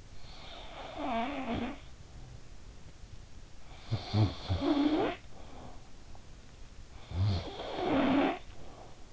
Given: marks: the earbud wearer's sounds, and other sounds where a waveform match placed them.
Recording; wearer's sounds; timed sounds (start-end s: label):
sounds in sleep by an in-ear microphone; snoring breath
0.28-2.35 s: snoring breath
3.71-5.90 s: snoring breath
6.83-9.13 s: snoring breath